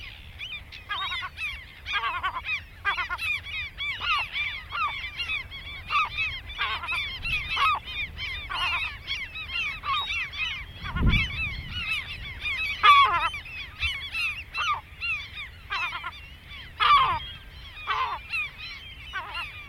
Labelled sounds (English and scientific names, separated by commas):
European Herring Gull (Larus argentatus) call